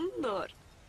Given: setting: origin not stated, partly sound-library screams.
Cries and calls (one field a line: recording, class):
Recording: one-second piece from a danger detection set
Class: normal situation